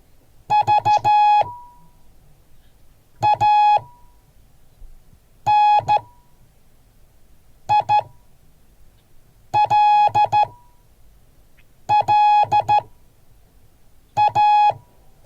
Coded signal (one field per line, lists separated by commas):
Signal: Morse code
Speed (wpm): 13 wpm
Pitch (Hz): 840 Hz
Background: none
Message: VANILLA